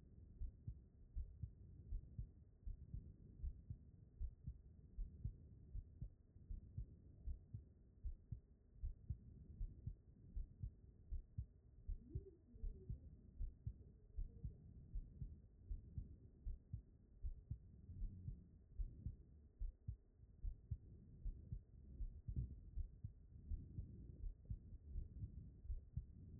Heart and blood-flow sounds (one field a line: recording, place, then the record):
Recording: heart sounds by stethoscope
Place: aortic valve (AV)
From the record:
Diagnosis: non-HFrEF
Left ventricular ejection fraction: 58%